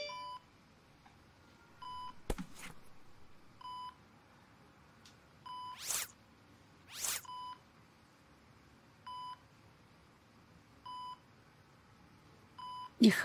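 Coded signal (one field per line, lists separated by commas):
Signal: none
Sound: phone beeps in drama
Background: speech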